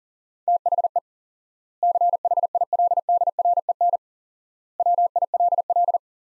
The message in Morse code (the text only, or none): THE CHILDREN WILL